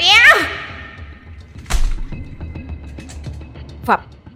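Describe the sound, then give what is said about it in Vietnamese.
An arrow piercing a heart: a quick falling whine gives way to a sharp, solid thunk, then a second, softer impact lands about two seconds later over a low, rumbling bed. “Tiếng mũi tên xuyên qua tim nó, rồi cắm sâu vào tim của anh nô.”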